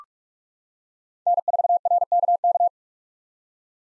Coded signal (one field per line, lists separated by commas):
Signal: Morse code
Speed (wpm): 41 wpm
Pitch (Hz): 700 Hz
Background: none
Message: N4RKK